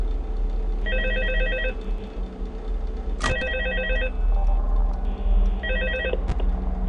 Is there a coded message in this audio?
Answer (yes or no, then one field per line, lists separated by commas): no